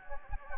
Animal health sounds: mosquito wingbeat signal from an infrared sensor; Anopheles gambiae

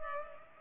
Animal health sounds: mosquito wingbeat signal from an infrared sensor; Culex pipiens

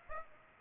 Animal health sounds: mosquito wingbeat signal from an infrared sensor; Aedes aegypti

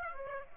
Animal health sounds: mosquito wingbeat signal from an infrared sensor; Aedes aegypti

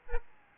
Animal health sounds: mosquito wingbeat signal from an infrared sensor; Aedes albopictus

